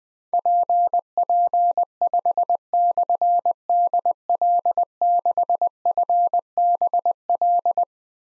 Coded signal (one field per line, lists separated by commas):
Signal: Morse code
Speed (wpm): 20 wpm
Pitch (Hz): 700 Hz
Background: none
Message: PP5/DL6FBL